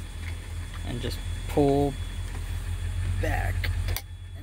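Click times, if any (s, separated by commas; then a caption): 4.0 s. A screwdriver is put into the manual neutral release lever on a BMW automatic transmission, and the lever is pulled back hard while someone talks over a steady low vehicle hum. The lever clicks over into the neutral detent at 3.9 seconds with a sharp click, and the transmission is now in neutral.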